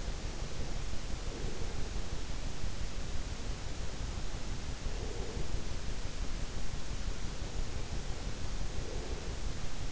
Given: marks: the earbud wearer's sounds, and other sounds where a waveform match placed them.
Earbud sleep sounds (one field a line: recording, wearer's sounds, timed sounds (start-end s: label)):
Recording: sounds in sleep by an in-ear microphone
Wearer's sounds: breath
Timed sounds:
0.00-1.96 s: breath
3.37-5.57 s: breath
7.56-9.41 s: breath